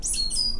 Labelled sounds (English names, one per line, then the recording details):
Stitchbird song
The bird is a male
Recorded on Tiritiri Matangi Island, New Zealand, in 2005
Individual 17, of nest box 25